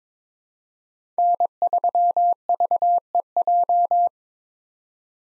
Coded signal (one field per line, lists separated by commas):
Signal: Morse code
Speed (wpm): 21 wpm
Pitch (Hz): 700 Hz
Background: none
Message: N3VEJ